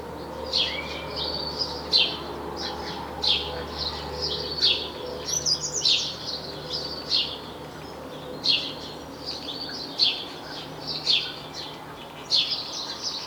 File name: Passer domesticus